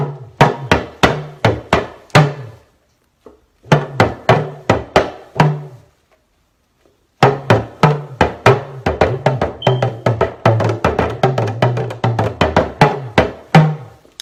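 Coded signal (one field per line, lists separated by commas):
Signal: talking drum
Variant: Yoruba dundun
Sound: three drummed phrases of quick strokes whose low pitch rises and falls like speech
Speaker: That's my little ditty on my talking drum. It mimics the human voice with Yoruba tonations.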